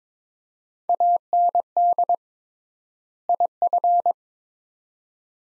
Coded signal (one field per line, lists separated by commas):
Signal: Morse code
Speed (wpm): 22 wpm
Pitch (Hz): 700 Hz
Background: none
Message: AND IF